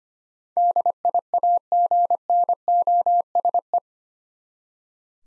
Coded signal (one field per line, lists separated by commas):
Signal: Morse code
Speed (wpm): 25 wpm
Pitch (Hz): 700 Hz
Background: none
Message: DIAGNOSE